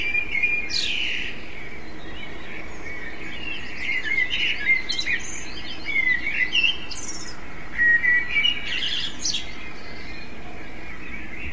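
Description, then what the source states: Common blackbird with several short phrases, fluty warbled notes followed by squeaky high twitters, over low constant hiss. Recording device: MZ-N 710.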